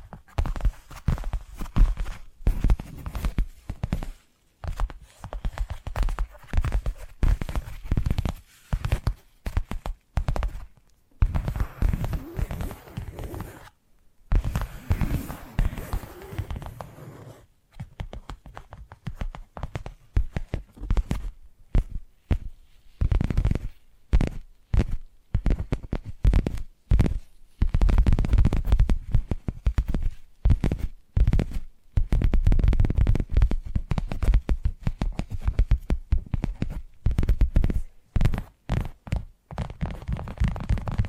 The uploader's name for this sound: Addictive Tapping Triggers